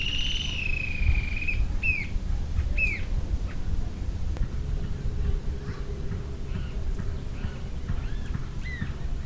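Green-tailed jacamar calls: a drawn-out high note sliding down, then separate sharp arched notes, some fainter, with low background rumble.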